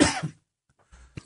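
One short, harsh cough from an adult man with a cold, followed by quiet and faint movement noise.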